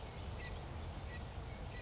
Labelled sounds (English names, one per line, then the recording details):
California Towhee
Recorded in Sonoma County, California